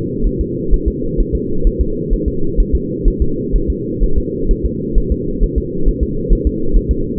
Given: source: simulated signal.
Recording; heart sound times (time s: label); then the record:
fetal heart sounds
0.27 s: S1
0.41 s: S2
0.74 s: S1
0.88 s: S2
1.20 s: S1
1.35 s: S2
1.67 s: S1
1.81 s: S2
2.13 s: S1
2.28 s: S2
2.60 s: S1
2.75 s: S2
3.08 s: S1
3.22 s: S2
3.56 s: S1
3.70 s: S2
4.04 s: S1
4.18 s: S2
4.51 s: S1
4.65 s: S2
4.98 s: S1
5.12 s: S2
5.43 s: S1
5.58 s: S2
5.88 s: S1
6.03 s: S2
6.33 s: S1
6.47 s: S2
6.76 s: S1
6.91 s: S2
From the record:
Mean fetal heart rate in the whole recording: 130 bpm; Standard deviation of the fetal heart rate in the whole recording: 4 bpm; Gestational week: 38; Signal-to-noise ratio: -8.1 dB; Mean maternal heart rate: 72 bpm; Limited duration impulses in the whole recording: absent